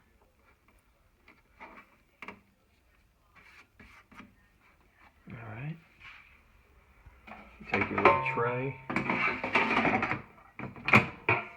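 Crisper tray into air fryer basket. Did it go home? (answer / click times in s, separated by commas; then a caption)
yes / 11.3 s. A crisper tray for a Cosori 5.8-quart air fryer is placed into the bottom of the air fryer basket and pressed down, with someone talking over soft handling knocks and rattles. A sharp click at 11.3 s marks the tray seating in place.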